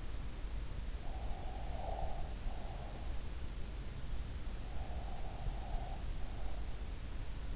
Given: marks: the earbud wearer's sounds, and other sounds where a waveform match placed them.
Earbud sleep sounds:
sounds in sleep by an in-ear microphone; breath
0.88-3.44 s: breath
4.40-7.37 s: breath

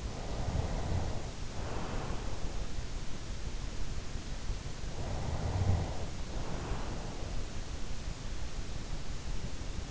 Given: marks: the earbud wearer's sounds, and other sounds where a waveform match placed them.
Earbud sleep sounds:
sounds in sleep by an in-ear microphone; snoring breath
0.00-2.40 s: snoring breath
4.93-7.46 s: snoring breath

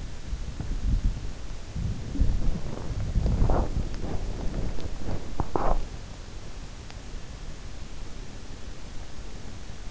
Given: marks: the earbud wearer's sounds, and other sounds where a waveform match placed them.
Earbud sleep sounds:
sounds in sleep by an in-ear microphone; body movement
0.00-6.24 s: body movement

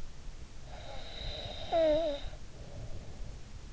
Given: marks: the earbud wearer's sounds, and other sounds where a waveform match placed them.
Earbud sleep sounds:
sounds in sleep by an in-ear microphone; snoring breath
0.19-3.73 s: snoring breath

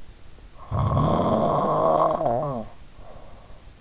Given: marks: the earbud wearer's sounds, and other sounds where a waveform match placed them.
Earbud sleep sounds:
sounds in sleep by an in-ear microphone; snoring breath
0.57-3.71 s: snoring breath

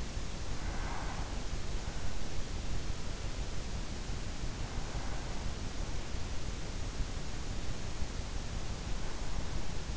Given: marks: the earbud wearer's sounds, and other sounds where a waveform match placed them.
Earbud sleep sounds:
sounds in sleep by an in-ear microphone; breath
0.00-1.64 s: breath

